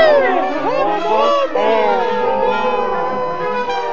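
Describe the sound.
A short segment jingle made of a loud, dense crowd of shouting and cheering voices, with swooping high-pitched cries overlapping continuously for about four seconds.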